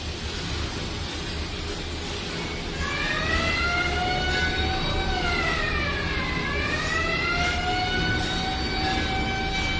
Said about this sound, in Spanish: Estaba esa sirena